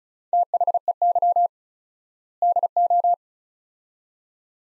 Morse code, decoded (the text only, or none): THEY DO